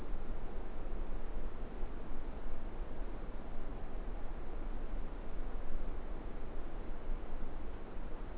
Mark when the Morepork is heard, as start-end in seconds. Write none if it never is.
none